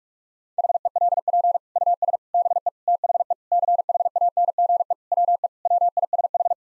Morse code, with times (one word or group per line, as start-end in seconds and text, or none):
0.6-1.6 HELP
1.8-2.2 US
2.3-2.7 BE
2.9-3.3 THE
3.5-4.9 CHANGE
5.1-5.5 WE
5.7-6.5 WISH